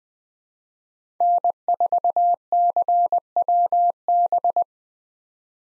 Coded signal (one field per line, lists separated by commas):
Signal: Morse code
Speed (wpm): 20 wpm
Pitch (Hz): 700 Hz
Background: none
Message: N4CWB